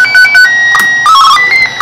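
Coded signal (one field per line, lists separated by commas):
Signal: SSTV (slow-scan television)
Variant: Martin 1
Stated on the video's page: SSTV images transmitted by a Raspberry Pi, possibly for a high-altitude balloon webcam downlink.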